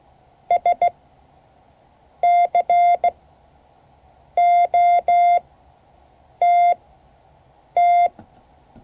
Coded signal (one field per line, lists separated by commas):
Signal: Morse code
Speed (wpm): 16 wpm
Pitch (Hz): 700 Hz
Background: none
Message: SCOTT